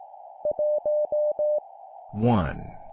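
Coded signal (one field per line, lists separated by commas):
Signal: Morse code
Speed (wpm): 18 wpm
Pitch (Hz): 600 Hz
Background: speech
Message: 1E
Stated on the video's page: Morse practice of random numbers at 17 wpm with human voice.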